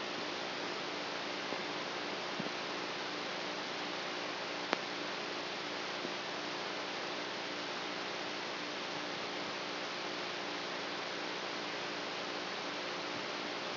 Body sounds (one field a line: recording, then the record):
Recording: brain microelectrode recording played as sound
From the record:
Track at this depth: outside the subthalamic nucleus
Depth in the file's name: -0.71 mm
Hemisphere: right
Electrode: 3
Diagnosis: Parkinson's disease